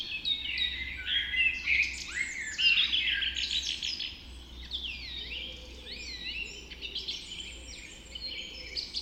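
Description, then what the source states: Birds in a dawn chorus, fast bright twittering early on, then clear rising and falling whistled phrases among many overlapping songs. Dawn chorus recorded just after dawn in the Forest of Dean.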